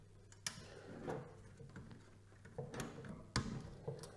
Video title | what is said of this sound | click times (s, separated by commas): be quiet! Dark Rock Pro 4 Installation Guide | okay so that's just clipped on and locked into place okay | 0.5 s, 3.4 s